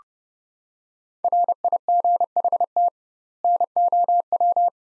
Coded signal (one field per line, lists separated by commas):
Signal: Morse code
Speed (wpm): 29 wpm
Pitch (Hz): 700 Hz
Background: none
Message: RIGHT NOW